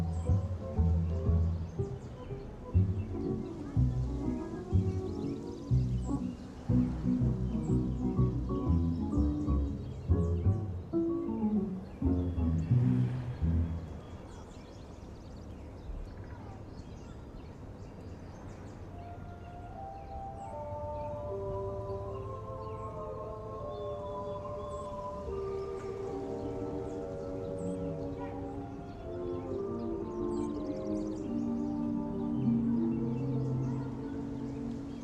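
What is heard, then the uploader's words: Oldies music plays in another room, muffled and mostly low. For the first fourteen seconds a thumping beat and bass drive it steadily; after that the drums drop away and a quieter, flowing melody of mid-pitched notes carries on to the end. Summer oldies playing in another room. You have your window open the birds are singing the cars passing.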